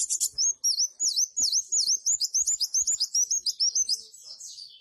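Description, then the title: Purple-throated sunbird song: rapid series of high, thin V-shaped chirps and twittering notes, delivered in a quick continuous run. "Kolibri Wulung"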